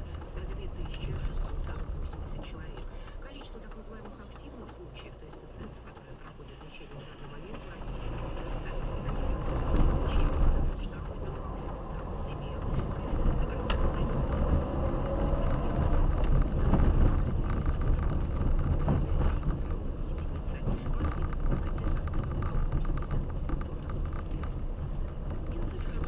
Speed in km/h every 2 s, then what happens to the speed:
13, 9, 3, 0, 0, 12, 20, 25, 30, 26, 25, 21, 21.
0-4 slows to 3. 4-8 standing. 8-15 pulls away to 30.